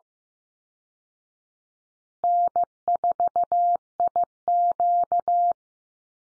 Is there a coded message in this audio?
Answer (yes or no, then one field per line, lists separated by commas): yes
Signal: Morse code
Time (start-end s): 2.2-5.5 s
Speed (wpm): 15 wpm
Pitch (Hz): 700 Hz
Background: none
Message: N4IQ